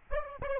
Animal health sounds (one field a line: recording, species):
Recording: mosquito wingbeat signal from an infrared sensor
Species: Aedes albopictus